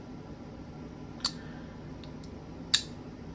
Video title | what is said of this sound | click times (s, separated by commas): This is More My Size! | see yeah you heard a click it's | 1.2 s, 2.8 s